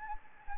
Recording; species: mosquito wingbeat signal from an infrared sensor; Anopheles gambiae